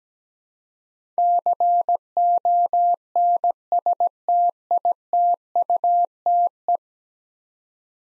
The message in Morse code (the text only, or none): CONSTITUTE